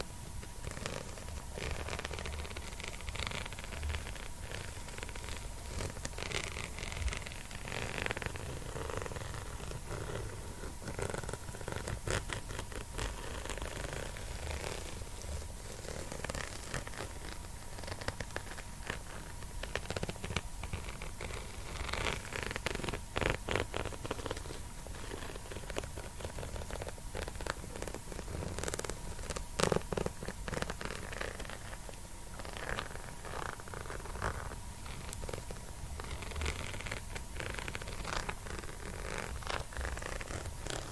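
Steady hair combing fills the whole recording with a dense, crackly rustle, strokes tumbling quickly and irregularly over one another. A soft low rumble and a faint steady tone sit underneath, and the level barely changes from start to finish.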